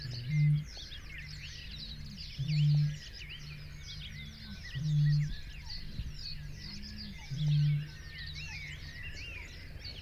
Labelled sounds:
Great Bittern (Botaurus stellaris)
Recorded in the wild
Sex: male
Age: adult
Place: Kützerhof, Kummerower See, Mecklenburg-Vorpommern, DE
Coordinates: 53.8525, 12.8656
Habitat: wetland
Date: 2008-05-15
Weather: klare Nacht, zunehmender Halbmond, 9°C, windstill
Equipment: Sound Devices 702, Sennheiser MKH 70, Windkorb
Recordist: Frommolt, Karl-Heinz

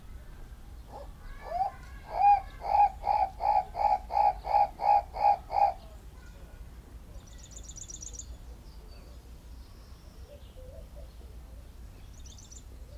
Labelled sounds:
Guinea Turaco (Tauraco persa) call
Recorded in captivity
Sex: male
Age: adult
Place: Zoo Berlin, Berlin, DE
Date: 1994-04-16 12:49
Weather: heiter, 7-12°C
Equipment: Marantz CP 430, Sennheiser ME 80, Kopie Uher Variocord 263
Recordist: Tembrock, Günter

